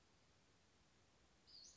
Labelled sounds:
Western Flycatcher (Empidonax difficilis)
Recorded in Sonoma County, California

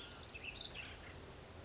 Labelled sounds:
Western Flycatcher (Empidonax difficilis)
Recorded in Sonoma County, California

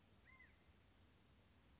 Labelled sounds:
California Quail (Callipepla californica)
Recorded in Sonoma County, California

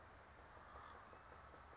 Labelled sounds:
California Towhee (Melozone crissalis)
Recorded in Sonoma County, California

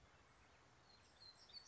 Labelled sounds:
Black-throated Gray Warbler (Setophaga nigrescens)
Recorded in Sonoma County, California

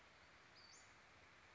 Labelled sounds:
Western Flycatcher (Empidonax difficilis)
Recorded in Sonoma County, California

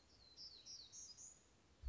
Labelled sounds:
Black-throated Gray Warbler (Setophaga nigrescens)
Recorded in Sonoma County, California

